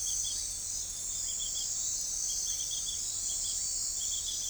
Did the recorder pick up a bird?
no